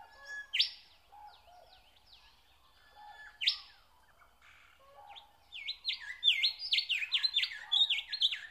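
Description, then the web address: Nightingale song: two loud, separate notes with quiet notes between, then a fast burst of rich, tumbling whistled notes to the end. Singing in spring. "spiew slowika wiosna"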